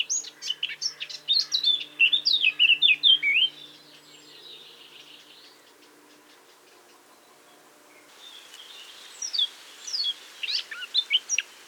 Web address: SETE data Sylvia atricapilla